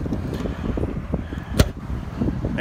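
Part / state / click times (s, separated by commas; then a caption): gas strut end fitting coming off its ball stud on the hood / released / 1.6 s. A screwdriver pries under the retaining clip on the ball socket end of a Jaguar's hood gas strut against a steady low rumble. At 1.6 s a sharp little click sounds as the clip gives and the strut end pops off its ball stud, releasing it.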